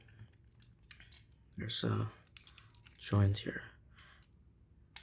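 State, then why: Seated. A plastic backpack part of a transforming robot toy is pushed into its joint on the back of the action figure while someone talks, with small light ticks of handling in between. A sharp click at 5.0 s marks the backpack seating into the joint.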